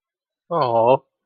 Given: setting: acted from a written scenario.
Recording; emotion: vocal sound without words; adoration